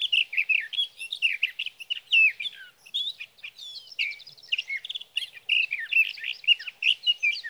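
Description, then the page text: Sage thrasher song, a long unbroken warble of varied slurred and trilled notes, fast and continuous throughout. Male singing through the night near his night roost, three nights from the evening of June 12 to the morning of June 15, 2018, Sierra Valley, California; Swift recorder. "Sage thrasher songs, through the night. For three nights, from the evening of June 12 to the morning of June 15, 2018, in Sierra Valley, California, I placed a Swift recorder near a male's night roost."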